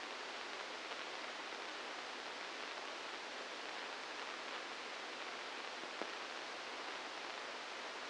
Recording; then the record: brain microelectrode recording played as sound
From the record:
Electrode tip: inside the subthalamic nucleus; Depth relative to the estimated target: -2 mm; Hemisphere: left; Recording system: NeuroSet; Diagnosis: Parkinson's disease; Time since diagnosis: 15 years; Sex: female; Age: 59 years